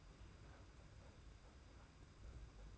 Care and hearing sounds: daily activity, microphone in the room; open fridge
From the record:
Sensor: 2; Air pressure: 991.7 hPa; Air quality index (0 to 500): 221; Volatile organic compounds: 1000 ppm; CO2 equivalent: 7387 ppm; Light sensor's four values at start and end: 26/81/31/29 and 26/81/31/29

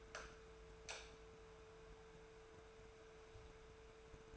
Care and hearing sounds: daily activity, microphone in the room; light on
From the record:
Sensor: 2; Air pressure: 1014.5 hPa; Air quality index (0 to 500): 176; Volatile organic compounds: 12 ppm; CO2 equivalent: 2335 ppm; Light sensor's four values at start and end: 17/42/18/19 and 19/52/21/22

